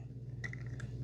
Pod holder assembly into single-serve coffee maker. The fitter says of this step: There. It's a little tricky, but slides and it should just click into place.